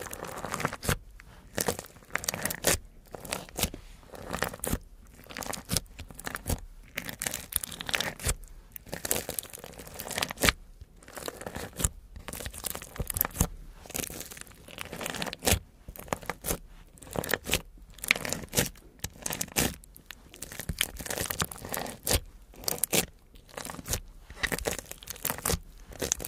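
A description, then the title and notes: Busy tapping and scratching on crystals, beads and ice, a dense run of crisp, bright clicks and scrapes with brief pauses throughout. Diamonds Sounds (Crystals, Beads, Ice, jewels, tapping, scratching).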